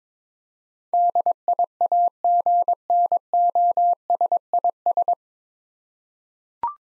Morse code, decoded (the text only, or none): DIAGNOSIS